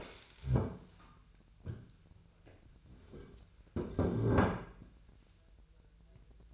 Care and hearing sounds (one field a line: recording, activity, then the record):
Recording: daily activity, microphone in the room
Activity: stand up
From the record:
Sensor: 2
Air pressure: 1001.8 hPa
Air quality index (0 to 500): 239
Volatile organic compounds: 72 ppm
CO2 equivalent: 3534 ppm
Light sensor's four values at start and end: 8/19/8/8 and 6/15/6/7